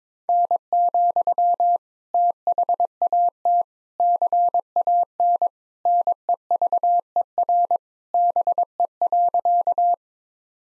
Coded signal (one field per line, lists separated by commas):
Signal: Morse code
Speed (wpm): 22 wpm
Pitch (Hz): 700 Hz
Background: none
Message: N, THAT CAN NEVER BE.